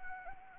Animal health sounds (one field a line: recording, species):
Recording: mosquito wingbeat signal from an infrared sensor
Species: Anopheles arabiensis